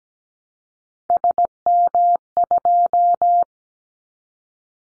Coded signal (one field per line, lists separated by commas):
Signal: Morse code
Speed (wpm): 17 wpm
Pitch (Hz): 700 Hz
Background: none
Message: SM2